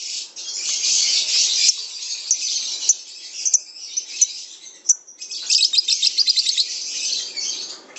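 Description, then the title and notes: Lovebird song, harsh high chattering with scattered chips, then a short burst of quick trilled pulses near the end. Lovebird singing the long trilling 'ngekek' style, offered as a lure song (kicau pancingan) and described as a master song. "suara Master Kicau Lovebird ngekek, kicau pancingan"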